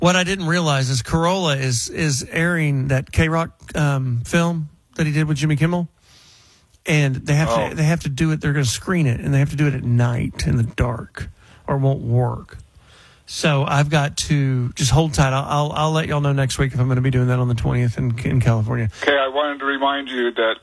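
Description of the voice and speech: An adult male radio host speaks fluently at a relaxed conversational pace with clear, steady voicing and normal pauses.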